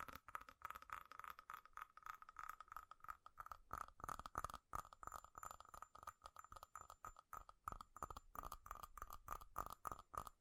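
Fast, relentless tapping on metal fills the whole ten seconds, a dense run of sharp clicks with almost no gaps. A bright ringing tone sits steadily under the strikes, and a few heavier, thuddier hits land around the four and ten second marks.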